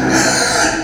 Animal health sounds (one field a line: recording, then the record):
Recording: squeal of a Yucatan mini pig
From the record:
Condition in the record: before surgery on the right vocal fold (resection and tissue-engineered implant)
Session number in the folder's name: 3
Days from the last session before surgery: 0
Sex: female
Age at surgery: 19 weeks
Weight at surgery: 25 kg